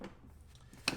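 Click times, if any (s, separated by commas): 0.9 s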